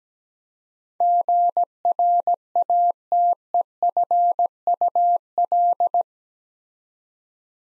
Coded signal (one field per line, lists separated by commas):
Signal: Morse code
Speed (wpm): 17 wpm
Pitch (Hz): 700 Hz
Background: none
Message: GRATEFUL